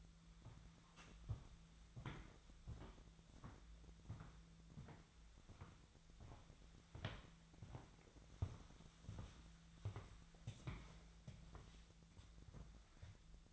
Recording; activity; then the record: daily activity, microphone in the room; walk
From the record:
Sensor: 3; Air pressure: 1008.3 hPa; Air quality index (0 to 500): 192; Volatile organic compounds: 14 ppm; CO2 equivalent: 2464 ppm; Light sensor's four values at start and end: 17/41/17/18 and 17/42/18/18